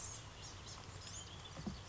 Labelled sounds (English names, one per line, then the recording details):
Blue-gray Gnatcatcher
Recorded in Sonoma County, California